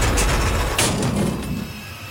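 An apartment building's entrance gate swings open: a steady low grinding rumble runs throughout, broken by a brief sharp clank partway through, with no voices.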